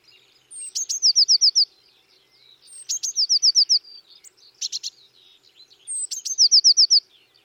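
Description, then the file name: Eurasian Blue Tit singing: high piping notes run into a rapid trill, given three times, with a short burst of sharper notes between phrases. "Cyanistes caeruleus"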